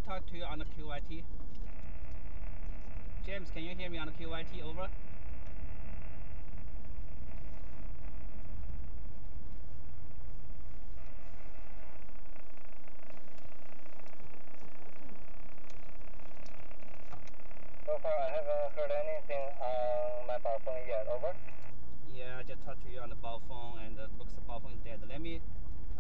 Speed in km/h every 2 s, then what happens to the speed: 24, 26, 31, 31, 27, 11, 0, 0, 0, 0, 0, 16, 24.
0-7 speeds up to 31. 7-12 brakes to 0. 12-20 standing. 20-26 pulls away to 24.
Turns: none.